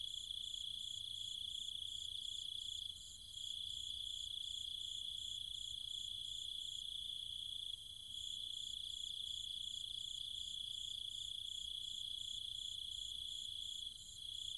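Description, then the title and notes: Cicadas hold a dense shrill drone under evenly pulsing upper notes, with brief dips in volume every few seconds. Night chorus of cicadas and other insects in trees and fields in the countryside around Chiang Mai, Thailand. "Cicada countryside, Thailand. Nighttime sounds of the cicadas and insects in the trees and fields, Chiang Mai, Thailand. Recorded by Alex Boyesen"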